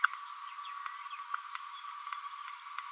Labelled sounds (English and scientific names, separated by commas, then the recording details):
Green-rumped Parrotlet (Forpus passerinus) babbling
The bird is a female
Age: 28 days
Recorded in a nest box in Venezuela
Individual 17B102A5